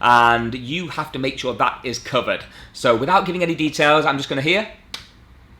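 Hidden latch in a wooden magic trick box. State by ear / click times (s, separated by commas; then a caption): seated / 4.9 s. Someone talks while working the hidden latch of a wooden magic trick box. After the speech, a small, sharp click is heard at 4.9 s as the secret mechanism clicks shut. It is a tiny click that needs to be covered by music or background noise.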